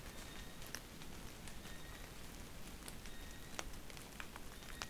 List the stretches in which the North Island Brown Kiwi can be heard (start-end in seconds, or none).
0.00-4.90